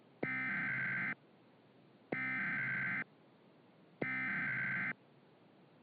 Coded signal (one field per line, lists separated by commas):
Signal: Emergency Alert System (SAME) tones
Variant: header bursts